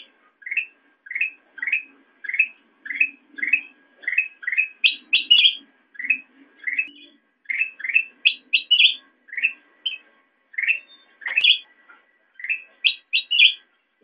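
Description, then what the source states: Sooty-headed bulbul chirps: short upslurred notes repeated steadily, mixed with clusters of higher, sharper notes. Recording meant as a master track for training songbirds.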